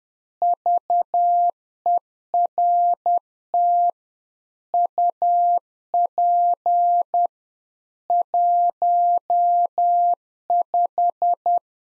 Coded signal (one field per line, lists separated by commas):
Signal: Morse code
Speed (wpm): 10 wpm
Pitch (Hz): 700 Hz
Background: none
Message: VERT UP 15